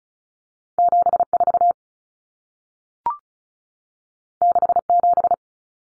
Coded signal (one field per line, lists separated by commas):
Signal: Morse code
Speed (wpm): 36 wpm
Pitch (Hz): 700 Hz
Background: none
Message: 74 67